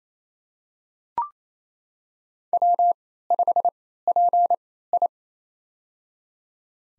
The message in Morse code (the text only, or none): W5PI